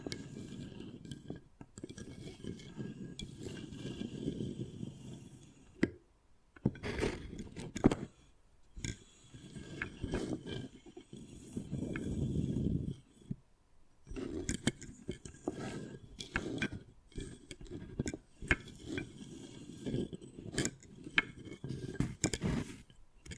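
Wood carving sounds, with dense low scraping and scratching in uneven bursts. Sharp taps and knocks cut through every second or so, with brief pauses near 6, 13 and 15 seconds before the scraping resumes.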